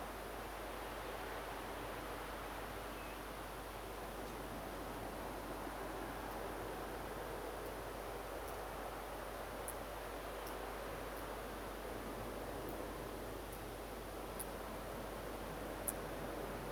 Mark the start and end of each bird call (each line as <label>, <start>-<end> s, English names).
Common Ringed Plover, 2.96-3.16 s